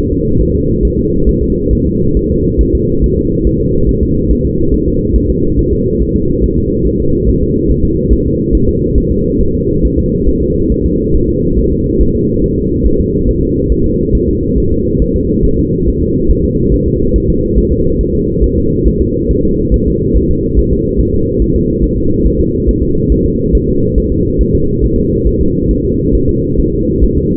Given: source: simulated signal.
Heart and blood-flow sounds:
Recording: fetal heart sounds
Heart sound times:
0.12 s: S2
0.41 s: S1
0.55 s: S2
0.85 s: S1
0.99 s: S2
1.29 s: S1
1.43 s: S2
1.73 s: S1
1.87 s: S2
2.17 s: S1
2.31 s: S2
2.61 s: S1
2.75 s: S2
3.04 s: S1
3.18 s: S2
3.47 s: S1
3.61 s: S2
3.89 s: S1
4.03 s: S2
4.31 s: S1
4.45 s: S2
4.74 s: S1
4.88 s: S2
5.16 s: S1
5.30 s: S2
5.59 s: S1
5.73 s: S2
6.02 s: S1
6.16 s: S2
6.44 s: S1
6.58 s: S2
6.86 s: S1
7.00 s: S2
7.28 s: S1
7.42 s: S2
7.70 s: S1
7.84 s: S2
8.13 s: S1
8.27 s: S2
8.55 s: S1
8.69 s: S2
8.98 s: S1
9.12 s: S2
9.41 s: S1
9.55 s: S2
9.85 s: S1
9.99 s: S2
10.28 s: S1
10.42 s: S2
10.72 s: S1
10.86 s: S2
11.15 s: S1
11.29 s: S2
11.59 s: S1
11.72 s: S2
12.01 s: S1
12.15 s: S2
12.44 s: S1
12.58 s: S2
12.86 s: S1
13.00 s: S2
13.29 s: S1
13.43 s: S2
13.72 s: S1
13.86 s: S2
14.15 s: S1
14.29 s: S2
14.58 s: S1
14.72 s: S2
15.02 s: S1
15.16 s: S2
15.45 s: S1
15.59 s: S2
15.88 s: S1
16.02 s: S2
16.31 s: S1
16.45 s: S2
16.74 s: S1
16.88 s: S2
17.16 s: S1
17.30 s: S2
17.58 s: S1
17.72 s: S2
18.01 s: S1
18.15 s: S2
18.44 s: S1
18.58 s: S2
18.88 s: S1
19.02 s: S2
19.31 s: S1
19.45 s: S2
19.74 s: S1
19.88 s: S2
20.16 s: S1
20.30 s: S2
20.59 s: S1
20.73 s: S2
21.00 s: S1
21.14 s: S2
21.42 s: S1
21.56 s: S2
21.84 s: S1
21.98 s: S2
22.27 s: S1
22.40 s: S2
22.69 s: S1
22.83 s: S2
23.12 s: S1
23.26 s: S2
23.55 s: S1
23.69 s: S2
23.98 s: S1
24.12 s: S2
24.41 s: S1
24.55 s: S2
24.84 s: S1
24.98 s: S2
25.27 s: S1
25.41 s: S2
25.71 s: S1
25.85 s: S2
26.15 s: S1
26.29 s: S2
26.60 s: S1
26.74 s: S2
27.04 s: S1
27.18 s: S2
From the record:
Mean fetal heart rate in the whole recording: 140 bpm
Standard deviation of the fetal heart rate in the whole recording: 2 bpm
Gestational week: 34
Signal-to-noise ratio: -15.3 dB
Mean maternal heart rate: 72 bpm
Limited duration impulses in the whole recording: present

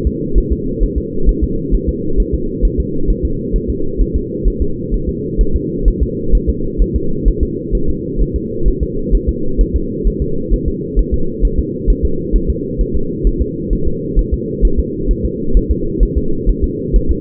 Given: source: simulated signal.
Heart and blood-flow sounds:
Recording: fetal heart sounds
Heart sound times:
0.07 s: S2
0.38 s: S1
0.53 s: S2
0.83 s: S1
0.98 s: S2
1.29 s: S1
1.44 s: S2
1.75 s: S1
1.89 s: S2
2.20 s: S1
2.34 s: S2
2.65 s: S1
2.80 s: S2
3.10 s: S1
3.25 s: S2
3.56 s: S1
3.70 s: S2
4.01 s: S1
4.16 s: S2
4.48 s: S1
4.62 s: S2
4.94 s: S1
5.09 s: S2
5.41 s: S1
5.56 s: S2
5.88 s: S1
6.03 s: S2
6.35 s: S1
6.49 s: S2
6.82 s: S1
6.96 s: S2
7.28 s: S1
7.43 s: S2
7.75 s: S1
7.89 s: S2
8.22 s: S1
8.36 s: S2
8.68 s: S1
8.83 s: S2
9.15 s: S1
9.29 s: S2
9.61 s: S1
9.76 s: S2
10.07 s: S1
10.22 s: S2
10.54 s: S1
10.68 s: S2
10.99 s: S1
11.14 s: S2
11.45 s: S1
11.59 s: S2
11.90 s: S1
12.05 s: S2
12.36 s: S1
12.50 s: S2
12.81 s: S1
12.96 s: S2
13.27 s: S1
13.42 s: S2
13.73 s: S1
13.88 s: S2
14.19 s: S1
14.34 s: S2
14.65 s: S1
14.80 s: S2
15.11 s: S1
15.25 s: S2
15.57 s: S1
15.71 s: S2
16.03 s: S1
16.18 s: S2
16.50 s: S1
16.64 s: S2
16.96 s: S1
17.11 s: S2
From the record:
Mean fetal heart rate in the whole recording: 130 bpm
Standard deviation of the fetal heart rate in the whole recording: 2 bpm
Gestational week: 36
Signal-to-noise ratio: -8.1 dB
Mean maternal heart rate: 72 bpm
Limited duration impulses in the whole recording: absent

